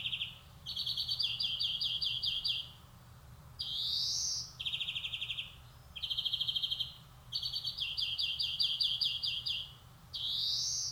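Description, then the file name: European greenfinch song mixing rapid chattering trills with loud, drawn-out rising buzzy wheezes, the phrases alternating every couple of seconds. "Chloris chloris"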